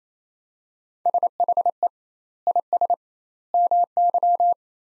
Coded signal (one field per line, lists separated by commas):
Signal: Morse code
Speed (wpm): 28 wpm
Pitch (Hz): 700 Hz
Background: none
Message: SHE IS MY